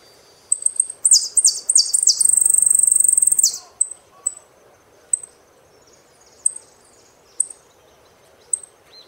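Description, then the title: Saffron finch song: a trilled phrase and looping buzzy slurs ending in a long sustained rattle, then thin high chips repeated about once a second. "Jilguero Argentino"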